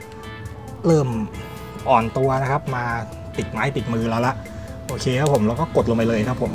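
A headlight lens is being handled over the glued headlight housing, about to be pressed down into its lock, while someone talks over background music. Nothing has seated or clicked yet.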